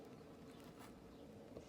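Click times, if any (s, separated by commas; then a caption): none. A plastic swap part, apparently a boot, is angled carefully and pushed onto the ankle peg of an S.H. Figuarts Vegeta action figure. Soft, steady plastic handling and rubbing are heard throughout, with a brief faint tap at about 1.6 s. Nothing has seated or clicked yet when the clip ends.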